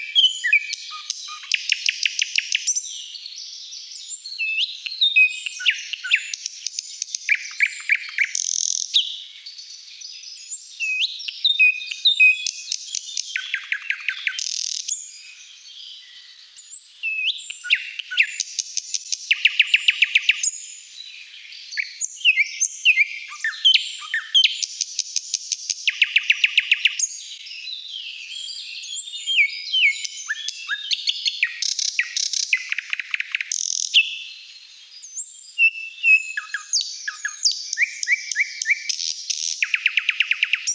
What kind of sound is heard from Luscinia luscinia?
song